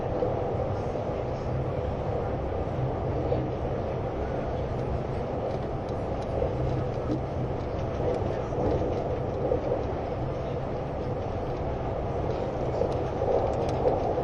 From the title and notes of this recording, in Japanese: SBB線 ICN10022レ01 Lugano～(Göschenen)。スイスでは主力の車体傾斜車両であるRABDe500形ICN、その本領を発揮するゴッタルド線の列車を収録したものです。収録年月:2013,05。